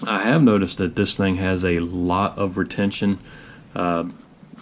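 A compact pistol is being handled with a plastic Kydex inside-waistband holster while someone talks. The clip is mostly speech, with a faint short tick near 4.6 s at the end. Nothing has seated or clicked yet.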